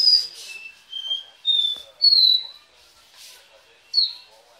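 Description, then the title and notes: Belgian canary whistling a descending then rising sequence of pure notes, followed by a pause and a final sharp downslurred note. "Canario Belga, nyonyastudio"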